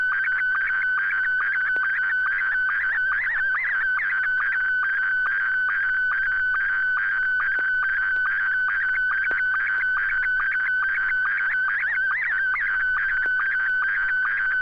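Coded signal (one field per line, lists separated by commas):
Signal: SSTV (slow-scan television)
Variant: Scottie 1 mode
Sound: warbling tone sweeping near 1.5-2.3 kHz with short low sync blips about twice a second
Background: radio hiss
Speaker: pretty sure the system's up and running so here we go n6 YG Scotty one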